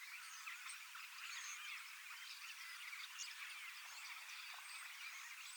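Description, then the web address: Common starlings babbling as a flock, a dense jumble of squeaks, clicks and short slurred whistles running without pause. Large flock of young starlings practising their song in preparation for next spring; recorded 25 August 2026 in Finland. "paivat 25 8 2026 iso kottaraisten nuorisoparvi valmistautuu ensi kevaaseen lauluharjoittelemalla"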